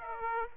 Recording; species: mosquito wingbeat signal from an infrared sensor; Aedes aegypti